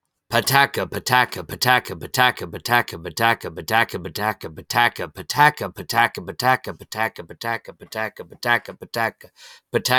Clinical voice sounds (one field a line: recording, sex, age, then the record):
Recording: repeated syllables /pa ta ka/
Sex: male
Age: 30 to 39 years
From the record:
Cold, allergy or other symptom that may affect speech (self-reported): no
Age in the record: 34 years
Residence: Ohio, United States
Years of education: 15